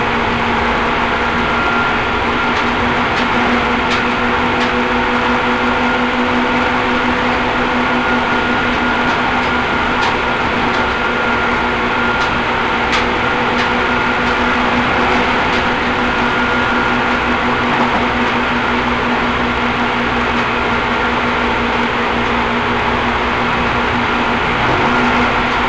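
A ride on a Seibu Railway train: a steady, dense rumble fills the whole stretch, with a low hum and a held mid tone running throughout. Brief faint clicks and ticks surface now and then, clustering around the first fifteen seconds.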